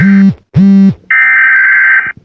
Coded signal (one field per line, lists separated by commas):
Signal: Emergency Alert System (SAME) tones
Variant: header bursts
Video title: Eas Mock Extreme Rain Warning